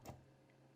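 A hoverboard motor's shaft (rod) is turned with small pliers or a key until it engages into a 3D-printed plastic housing piece. A short, sharp tick at 0.1 s stands out over a steady low hum. The shaft seats into the printed part.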